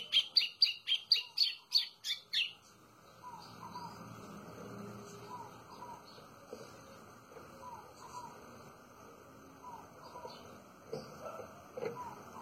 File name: canto do golinho